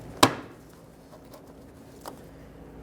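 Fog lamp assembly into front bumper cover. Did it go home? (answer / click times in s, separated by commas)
yes / 0.2 s, 2.1 s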